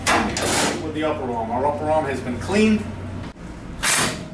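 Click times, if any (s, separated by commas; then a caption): none. A cleaned upper wash arm is handled as it goes back into its mount in a commercial warewashing machine, to be held by the upper arm's locking mechanism. Someone talks over soft sliding and handling noises, with a brief louder knock at 0.4 s. The clip ends before the arm goes home, so nothing has seated or locked yet.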